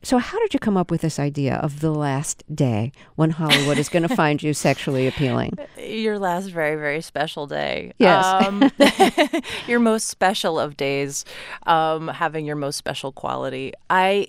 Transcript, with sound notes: So how did you come up with this idea of the last day when Hollywood is going to find you sexually appealing?
Your last very, very special day.
Yes.
(LAUGHTER)
Your most special of days having your most special quality.